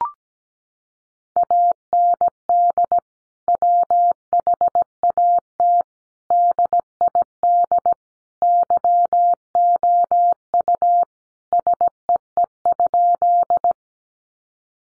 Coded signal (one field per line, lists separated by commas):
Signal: Morse code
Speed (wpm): 17 wpm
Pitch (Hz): 700 Hz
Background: none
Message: AND WHAT DID YOU SEE?